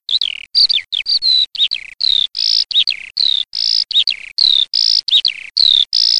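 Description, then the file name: Eurasian skylark singing a rapid, varied run of chirps, short whistled slurs and falling notes, tightly packed and continuous throughout. "ALLODOLAMORENO"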